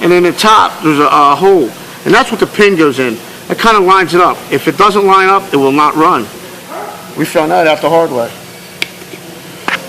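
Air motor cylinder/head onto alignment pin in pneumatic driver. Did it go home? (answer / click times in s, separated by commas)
yes / 8.8 s, 9.7 s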